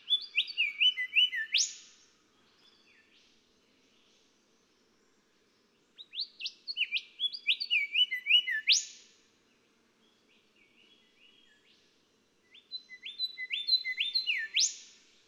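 Golden whistler singing three phrases about six seconds apart, each a run of repeated whistled notes building to a sharp rising whipcrack ending.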